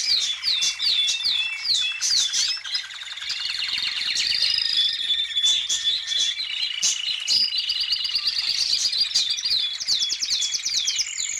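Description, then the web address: Canary song, a fast continuous run of high rolling trills and sweeping chirps, shifting between buzzy rattles and clear whistled phrases without a pause. "Madacy Music Group Inc 292 Sound Effects. Birds, Canary"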